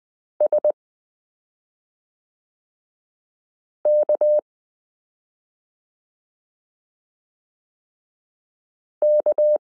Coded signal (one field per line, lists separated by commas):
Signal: Morse code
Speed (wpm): 20 wpm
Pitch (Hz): 600 Hz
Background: none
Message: SK K